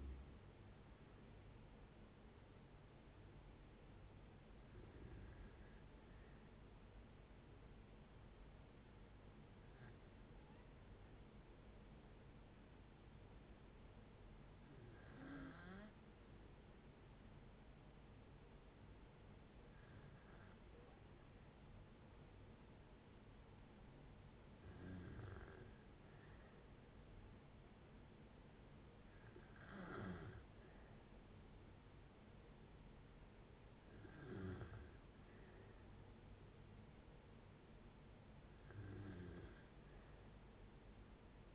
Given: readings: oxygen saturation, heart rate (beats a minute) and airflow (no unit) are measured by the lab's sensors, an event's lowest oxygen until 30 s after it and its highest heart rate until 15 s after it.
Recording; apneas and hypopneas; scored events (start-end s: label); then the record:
breathing in sleep by a voice recorder at the bedside; 1
10.00-24.90 s: hypopnea (N1, oxygen 96% highest, then 92% lowest, heart rate 60 at the start, 68 highest)
From the record:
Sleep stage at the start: N1 (lightest sleep); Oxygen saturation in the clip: 72 to 96%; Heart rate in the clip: 59 to 68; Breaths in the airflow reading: 9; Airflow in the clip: -9.0 to 7.2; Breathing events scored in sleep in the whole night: 496 in 5.4 hours asleep